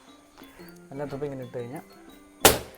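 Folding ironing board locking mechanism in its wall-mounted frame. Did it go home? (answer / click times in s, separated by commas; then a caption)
yes / 2.5 s. A wall-mounted folding ironing board is put into position and its locking mechanism seats in the frame with a loud thunk at 2.5 seconds, locking the board and making it ready for ironing. Before that, someone talks over quiet background music.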